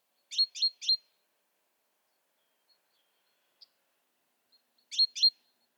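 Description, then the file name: Great tit calling with a quick burst of three sharp, high chirps, a long quiet pause, then a quick pair near the end. "Parus major"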